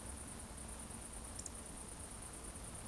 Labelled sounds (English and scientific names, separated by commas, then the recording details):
Eurasian Woodcock (Scolopax rusticola) whistle
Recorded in Baden-Württemberg, Germany, on 25 June 2020 at 20:22 UTC
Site 14569, 102 m above sea level